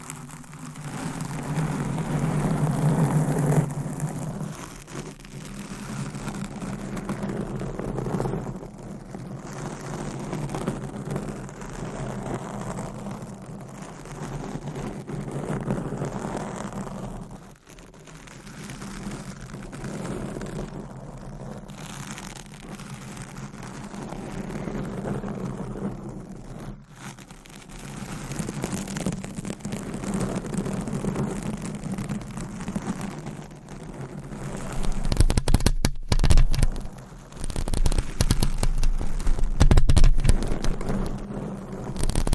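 Microphones are scratched in a continuous, dense rustle of scraping and brushing that swells and eases in waves. A low rumble runs underneath, and near the end the scratching turns rougher and more uneven, with sharp bursts around thirty-five seconds.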